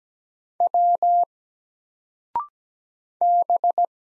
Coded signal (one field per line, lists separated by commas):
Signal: Morse code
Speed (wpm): 17 wpm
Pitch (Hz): 700 Hz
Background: none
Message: W B